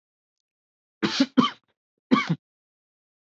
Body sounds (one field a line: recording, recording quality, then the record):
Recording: shallow voluntary cough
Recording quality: excellent, no background noise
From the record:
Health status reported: respiratory illness, not identified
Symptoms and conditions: asthma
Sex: male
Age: 22 years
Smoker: not ticked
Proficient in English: yes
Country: United States